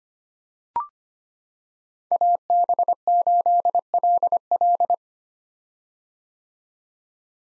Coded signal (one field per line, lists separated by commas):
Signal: Morse code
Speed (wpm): 25 wpm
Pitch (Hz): 700 Hz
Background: none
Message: AB8LL